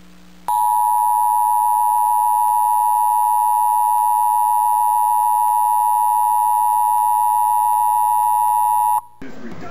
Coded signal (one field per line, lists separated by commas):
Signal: Emergency Alert System (SAME) tones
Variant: 853 and 960 Hz attention tone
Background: speech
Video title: EAS 2ND MONTHLY TEST